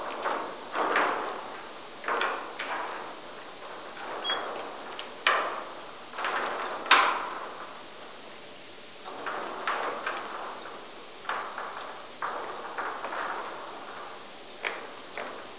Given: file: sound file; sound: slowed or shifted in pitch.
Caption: Example of normal adult C57 mouse song.